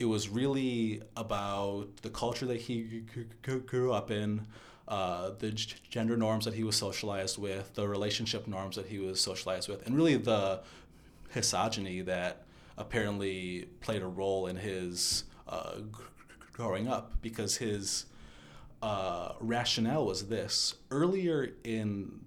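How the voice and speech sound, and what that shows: Adult male speaker telling a story in conversational speech, with stuttering: part-word repetitions on initial sounds (g- gender, g- growing), filled pauses with "uh", and prolonged sounds with pauses between phrases.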